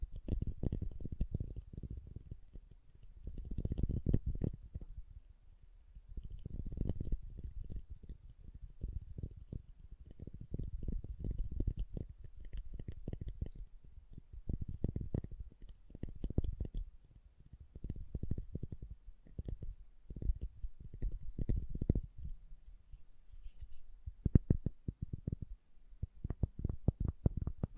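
Tapping and carving on a soft-hard soap bar, with dense, irregular low thuds and scrapes throughout and sharper, brighter taps near the end.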